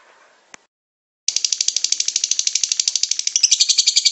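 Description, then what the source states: Lovebird song starting after a second of near silence and a single click, then a steady fast rattle of shrill notes that grows louder toward the end. Lovebird ngekek song, described as long and used as a bait song (kicau pancingan) to prompt other lovebirds to sing.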